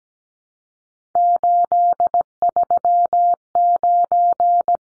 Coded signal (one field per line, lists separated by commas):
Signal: Morse code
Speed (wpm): 17 wpm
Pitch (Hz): 700 Hz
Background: none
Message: 839